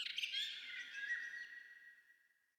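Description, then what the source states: Birds chirping in a dense, overlapping twitter that fades out, ending on a thin sustained whistle-like tone. Ambient bird sounds.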